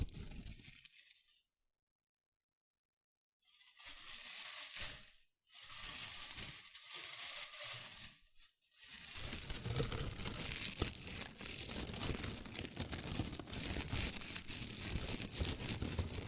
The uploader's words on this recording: ASMR Rustling and Crinkle Sounds.